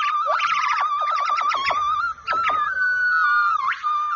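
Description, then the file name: Monkey calls: rapid trilled chatters over a long, level whistled tone, with a short upward sweep near the end. "affe"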